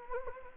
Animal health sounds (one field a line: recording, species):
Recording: mosquito wingbeat signal from an infrared sensor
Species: Anopheles gambiae